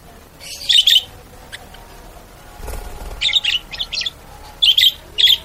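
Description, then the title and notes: Bird uttering paired, bright chirp bursts, with a quiet stretch in between. Bird ringtone with melodious sounds. "Burung Dengan Suara Merdu"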